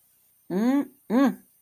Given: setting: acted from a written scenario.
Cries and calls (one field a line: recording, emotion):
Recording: vocal sound without words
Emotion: romantic love